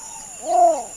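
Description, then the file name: Least bittern giving a single low, arched cooing note that swells and fades, with a faint steady hiss behind it. "canto do socoi vermelho"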